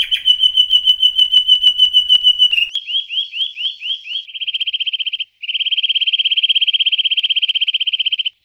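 Bird song: a clear whistled note pulsing rapidly, then a run of quick rising slurs, ending in long buzzy trills of very fast repeated notes.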